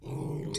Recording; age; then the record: pig call; weaner (32 to 43 days)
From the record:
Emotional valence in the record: negative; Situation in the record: short isolation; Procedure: open field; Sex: female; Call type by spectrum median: low-frequency call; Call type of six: mixed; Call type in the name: high-frequency modulated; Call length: 0.59 s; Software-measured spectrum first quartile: 220 Hz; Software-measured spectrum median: 717 Hz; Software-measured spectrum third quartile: 4887 Hz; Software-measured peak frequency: 146 Hz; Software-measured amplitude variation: 159 dB a second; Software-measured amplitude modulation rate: 23.0 a second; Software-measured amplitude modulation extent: 6.9 dB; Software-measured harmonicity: 3.8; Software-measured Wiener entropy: -5.32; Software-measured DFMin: 684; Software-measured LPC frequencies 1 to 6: 318, 2140, 3667, 4429, 5615, 7532 Hz